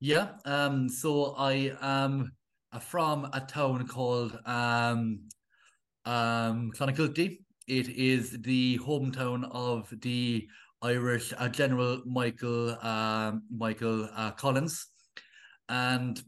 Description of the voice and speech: A person who stutters.